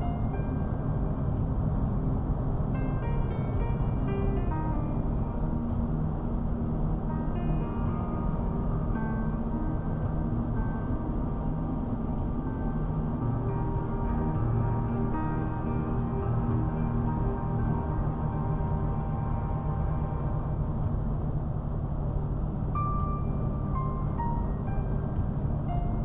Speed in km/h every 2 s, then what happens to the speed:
85, 87, 87, 87, 87, 85, 81, 79, 77, 77, 79, 79, 77.
0-9 steady at about 87. 9-15 slows to 77. 15-26 steady at about 77.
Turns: none.